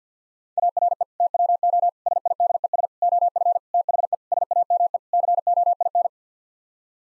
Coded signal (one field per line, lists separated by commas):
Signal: Morse code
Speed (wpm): 50 wpm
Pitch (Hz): 700 Hz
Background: none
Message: ARE TWO SIDES OF THE SAME COIN